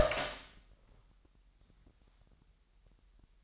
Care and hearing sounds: daily activity, microphone in the room; open door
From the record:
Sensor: 3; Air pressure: 998.4 hPa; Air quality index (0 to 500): 140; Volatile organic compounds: 4 ppm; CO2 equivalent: 1679 ppm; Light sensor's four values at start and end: 16/46/18/17 and 16/46/19/17

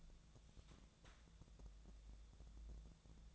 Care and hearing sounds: daily activity, microphone in the room; take from stove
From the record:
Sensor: 3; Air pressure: 1000.0 hPa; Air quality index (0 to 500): 124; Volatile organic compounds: 2 ppm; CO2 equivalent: 1110 ppm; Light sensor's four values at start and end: 47/118/51/57 and 47/119/51/57

